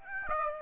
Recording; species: mosquito wingbeat signal from an infrared sensor; Aedes aegypti